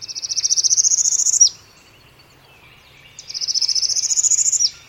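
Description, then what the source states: Northern Parula sings a high, buzzy trill of rapid notes rising steadily in pitch and ending in a quick downward snap, given twice about three seconds apart. Morning on a bayou, cypress trees draped with Spanish moss over still, dark water; sings its rapid rising trill.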